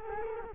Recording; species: mosquito wingbeat signal from an infrared sensor; Culex quinquefasciatus